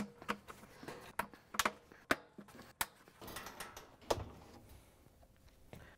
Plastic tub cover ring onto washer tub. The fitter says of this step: then we're gonna go around and push it down so all the locking tabs snap on once